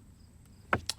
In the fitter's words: then line this up and you should just be able to gently push it back on and you'll hear it kind of snap in place